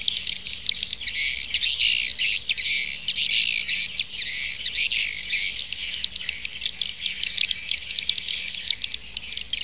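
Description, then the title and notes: Swiftlet chirping calls: dense, high, buzzy twittering bursts with thin whistled notes running almost without pause throughout. Used in swiftlet farming in Asia. "Swiflet Bird Sound. Farming Swiflet Bird asia sound"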